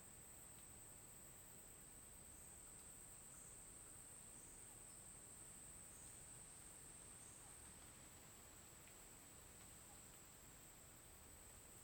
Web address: Ambiente na mata dia com grilo oscilante e vento com folhas. local tocantins